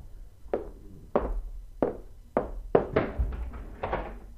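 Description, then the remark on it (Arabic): Knocking on the wooden door of Sheikh Muhammad ibn Sirin's home: a series of about eight hollow, solid knocks, evenly spaced at first and then coming faster, with no voices. “استرح إذن، سوف أفتح الباب. بل سأفتحه أنا.”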